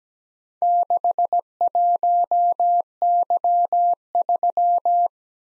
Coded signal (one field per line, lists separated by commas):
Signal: Morse code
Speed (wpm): 17 wpm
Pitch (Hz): 700 Hz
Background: none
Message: 61Y3